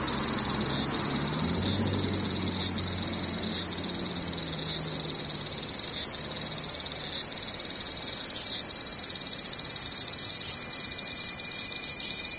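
Cicadas drone in a dense, unbroken shrill buzz high up, with faint regular pulses about every second. Underneath, a low engine-like hum rises and sways during the first half, then fades, leaving only the steady insect chorus.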